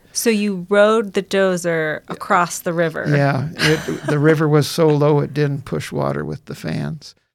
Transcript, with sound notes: So you rode the dozer across the river?
Yeah. [laughs] Yeah. The river was so low, it didn't push water with the fans.